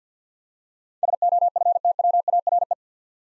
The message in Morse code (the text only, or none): SOFTWARE